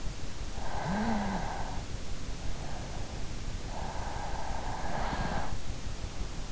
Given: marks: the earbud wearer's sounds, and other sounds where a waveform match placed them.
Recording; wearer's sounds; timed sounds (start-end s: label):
sounds in sleep by an in-ear microphone; snoring breath
0.31-2.20 s: snoring breath
4.03-5.91 s: snoring breath